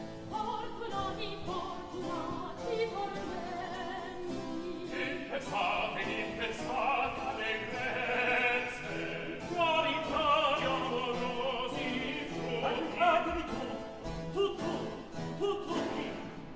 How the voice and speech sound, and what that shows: A brief comic scene with the stuttering Demo a stuttering character is yet another convention from Venetian opera of the time.